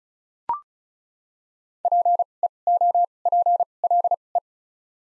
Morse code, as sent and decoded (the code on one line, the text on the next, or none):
.--. / . / --- / .--. / .-.. / .
P E O P L E